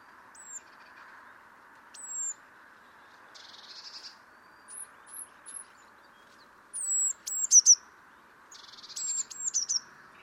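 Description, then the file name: Eurasian blue tit giving varied calls: thin high seee notes, short buzzy scolding bursts and quick descending churring series, spaced irregularly over a constant background hum. "Cyanistes caeruleus"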